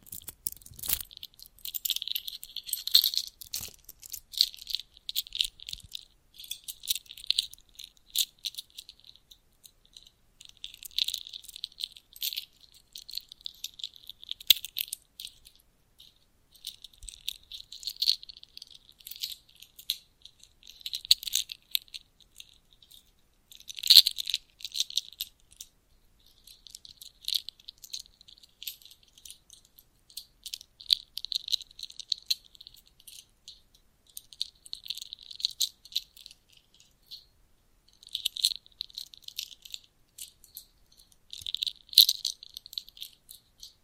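Bracelets jingle and rattle in short, bright bursts that come and go every few seconds throughout. The sound is thin and high, with no low tones, and small clinks scatter between the bursts. A louder, sharper clatter stands out around the middle.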